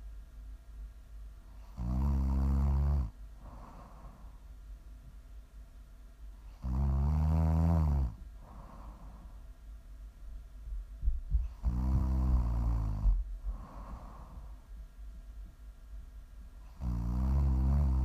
Prime ASMR snoring.